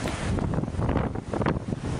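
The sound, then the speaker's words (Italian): Fierce wind of Hurricane Sandy in New York, October 2012, roars and howls without pause, a dense rushing blast that buffets the microphone in rough low gusts, swelling briefly louder midway. No voices are heard. “Il suono in sottofondo che sentite è quello dell'uragano Sandy.”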